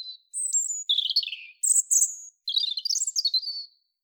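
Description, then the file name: European robin song, flowing and varied: thin high whistles alternate with tumbling warbles and fast trills, several phrases in quick succession over a silent background. "Erithacus rubecula"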